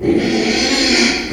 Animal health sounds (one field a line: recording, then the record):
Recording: squeal of a Yucatan mini pig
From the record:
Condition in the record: after surgery on the right vocal fold (resection and tissue-engineered implant)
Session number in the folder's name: 2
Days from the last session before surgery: 13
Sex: male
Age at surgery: 12 weeks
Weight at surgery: 13 kg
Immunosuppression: cyclosporine, prednisolone